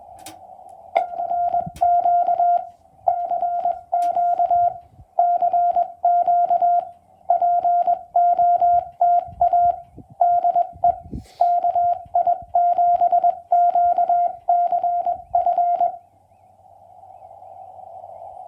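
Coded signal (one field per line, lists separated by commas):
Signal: Morse code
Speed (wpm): 20 wpm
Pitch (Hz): 700 Hz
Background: radio noise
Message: ERQ CQ CQ POTA DE KI7QCF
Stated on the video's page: QRP CW Parks on the Air activation in Utah.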